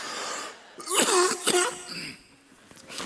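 A simple cough from an adult man, heard as two quick bursts in a room, one in a recurring bout of coughing while he preaches.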